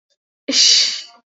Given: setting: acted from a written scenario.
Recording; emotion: vocal sound without words; shame